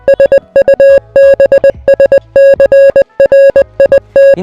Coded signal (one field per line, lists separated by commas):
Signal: Morse code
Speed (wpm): 20 wpm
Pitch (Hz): 550 Hz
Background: music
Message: SUBSCRIT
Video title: What is Morse Code ?